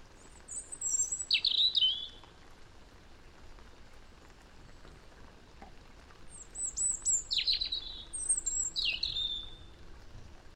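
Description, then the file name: European robin delivering short high tinkling phrases with descending slurs, one early burst and more after a quiet gap, over a steady soft hiss. "Erithacus rubecula"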